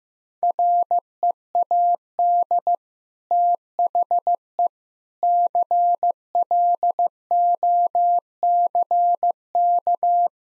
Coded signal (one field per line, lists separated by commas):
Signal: Morse code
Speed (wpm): 15 wpm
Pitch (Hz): 700 Hz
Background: none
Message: READ THE CLOCK